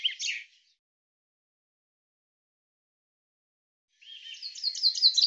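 Bird call: a brief high chirpy burst, a long silence, then a rapid buzzy twittering series of high notes building in the final second and a half.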